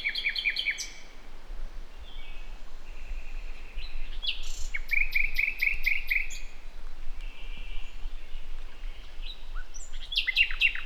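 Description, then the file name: Common nightingale singing several varied phrases: sharp chips, a fast rattling series of repeated notes midway, sustained whistles and a closing burst of clipped notes. "Luscinia megarhynchos"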